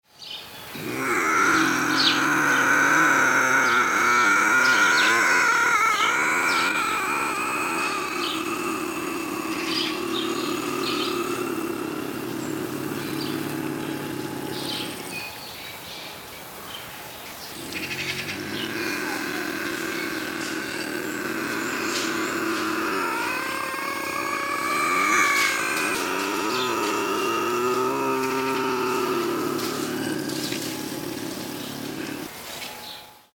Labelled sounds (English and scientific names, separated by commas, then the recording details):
Bobcat (Lynx rufus)
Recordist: Tembrock, Günter
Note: Weibchen: Dehnungslaute (Knurren)